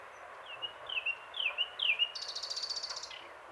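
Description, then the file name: Common nightingale song, four whistled notes each sliding down in pitch, then a high rapid trill lasting nearly a second. "Luscinia megarhynchos"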